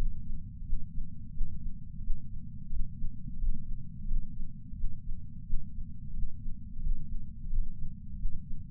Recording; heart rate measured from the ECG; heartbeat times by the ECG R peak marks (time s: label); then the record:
heart sounds by patch sensor on the chest; 88 bpm
0.65 s: heartbeat
1.33 s: heartbeat
2.02 s: heartbeat
2.71 s: heartbeat
3.40 s: heartbeat
4.08 s: heartbeat
4.76 s: heartbeat
5.46 s: heartbeat
6.15 s: heartbeat
6.83 s: heartbeat
7.50 s: heartbeat
8.18 s: heartbeat
From the record:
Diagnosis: coronary artery disease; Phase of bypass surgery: preoperative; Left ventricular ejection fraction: 50.8%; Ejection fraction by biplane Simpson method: 50%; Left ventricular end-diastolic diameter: 50 mm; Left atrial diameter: 32 mm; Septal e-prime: 7.2 cm/s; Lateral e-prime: 9.1 cm/s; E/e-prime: 8.5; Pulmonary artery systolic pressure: 23 mmHg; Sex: male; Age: 65 years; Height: 170 cm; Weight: 65 kg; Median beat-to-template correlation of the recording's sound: 0.75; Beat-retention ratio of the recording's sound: 0.96